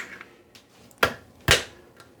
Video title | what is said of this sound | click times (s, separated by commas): Toilet Replacement, Costco Water Ridge | You can hear the click. | 1.0 s, 1.5 s